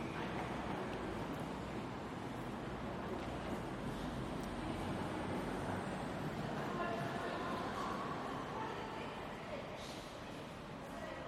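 Central Station hums with a steady, dense murmur of many voices blended with a low mechanical rumble. The level barely changes throughout. A few faint sharp clicks or clatters surface near the middle and again toward the end.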